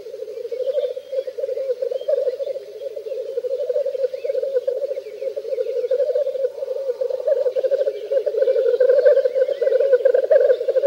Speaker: ближе к рассвету на полянах и лесных вырубках начинают бормотать и чуфыкать косачи. У них идет настоящий турнир, схватка за схваткой.